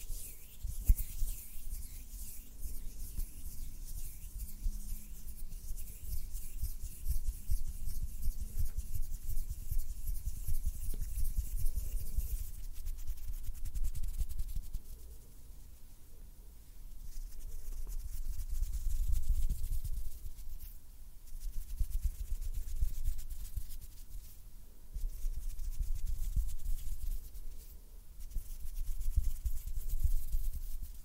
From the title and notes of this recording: ASMR CLOSE-UP FINGER FLUTTERING AND HAND SOUNDS - NO TALKING.